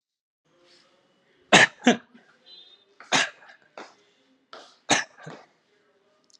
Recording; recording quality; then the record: heavy voluntary cough; excellent, no background noise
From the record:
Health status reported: healthy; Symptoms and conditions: breathing difficulty, fatigue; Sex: male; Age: 21 years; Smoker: yes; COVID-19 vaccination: both doses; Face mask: not worn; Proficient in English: yes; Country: India